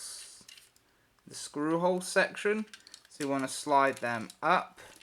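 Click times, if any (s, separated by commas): none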